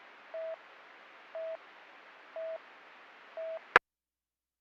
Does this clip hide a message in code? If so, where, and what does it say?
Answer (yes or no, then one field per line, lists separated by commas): no